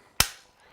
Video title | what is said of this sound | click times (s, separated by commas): Festool KAPEX KS60 compound angle finder | the position where it's going to cut down exactly at 90 degrees so as soon as i bring the head of the saw up you hear a click | 0.2 s